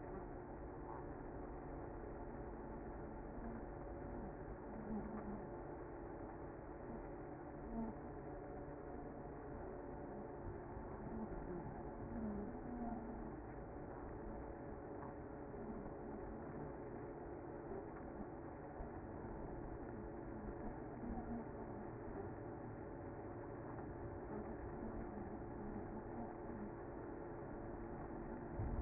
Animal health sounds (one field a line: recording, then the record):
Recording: honeybee colony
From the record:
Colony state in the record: active